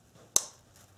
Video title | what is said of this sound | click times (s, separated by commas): Honda S2000 MAP Sensor Testing and Replacement | that's fine just make sure it clicks that's the main thing you want to make sure it clicks okay | 0.4 s